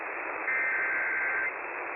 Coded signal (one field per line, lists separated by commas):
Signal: Emergency Alert System (SAME) tones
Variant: header bursts